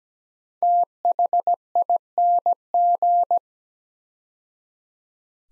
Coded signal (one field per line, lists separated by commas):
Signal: Morse code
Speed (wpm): 17 wpm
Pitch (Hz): 700 Hz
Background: none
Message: THING